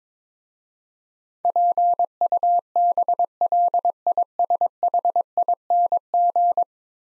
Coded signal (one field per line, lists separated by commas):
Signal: Morse code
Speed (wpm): 22 wpm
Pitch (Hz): 700 Hz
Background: none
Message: PUBLISHING